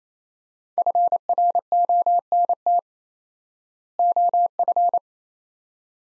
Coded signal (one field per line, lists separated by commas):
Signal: Morse code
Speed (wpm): 28 wpm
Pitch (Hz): 700 Hz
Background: none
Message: FRONT OF